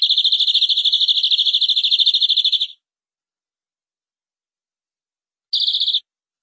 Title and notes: BM Suara Burung Kenari